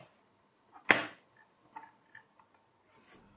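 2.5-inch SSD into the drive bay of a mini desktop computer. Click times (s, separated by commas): 0.9 s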